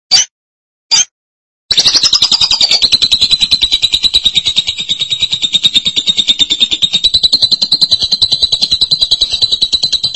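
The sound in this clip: Lovebird, two sharp squeaks and then an extended shrill trill of fast buzzy pulses that continues at a high pitch to the end.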